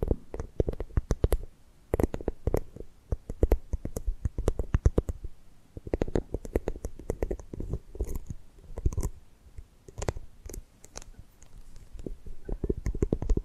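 Tapping and gripping sounds run through the whole recording: quick, irregular taps and clicks with a dull, thumpy low end and sharp bright edges. They come in dense clusters with short pauses, busiest around two, six and eight to nine seconds, with soft rubbing between hits.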